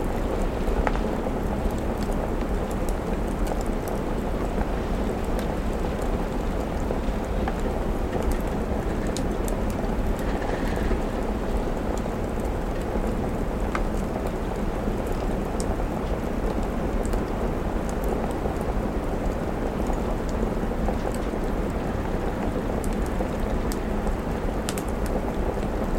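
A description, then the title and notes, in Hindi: Soft, steady autumn rain falls against a window, a dense even patter with a low, full rumble underneath. Small sharp ticks and pops scatter throughout, like drops striking glass or a crackling fire, and a brief brighter whistle rises near the eleventh second. कोज़ी फ़ायरप्लेस | Autumn Rain पर Window. एक कोज़ी फ़ायरप्लेस और मुलायम Autumn Rain और हलकी हवा जो Window को छू रही है.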